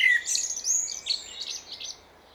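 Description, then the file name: Common blackbird with a brief sequence of thin, high twittering notes that fade out after about two seconds. "Turdus merula"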